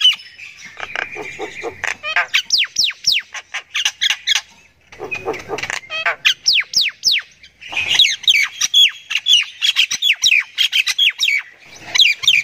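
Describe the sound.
Myna calling in fast series of sharply falling squeaky notes and raspy chatter, pausing briefly between bursts.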